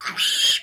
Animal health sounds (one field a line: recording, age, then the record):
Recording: pig call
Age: piglet (1 to 25 days)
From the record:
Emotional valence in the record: negative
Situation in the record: restrain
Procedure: sham castration, cut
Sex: male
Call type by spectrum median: high-frequency call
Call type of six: high-frequency modulated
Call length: 0.63 s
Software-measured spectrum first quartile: 3014 Hz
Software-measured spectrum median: 3586 Hz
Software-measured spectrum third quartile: 5777 Hz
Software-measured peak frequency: 3217 Hz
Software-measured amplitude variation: 149 dB a second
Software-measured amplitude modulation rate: 11.9 a second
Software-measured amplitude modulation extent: 12.5 dB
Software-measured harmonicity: 3.6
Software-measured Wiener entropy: -2.35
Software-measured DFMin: 942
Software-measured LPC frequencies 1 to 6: 1693, 3176, 4792, 6528, 7026, 7918 Hz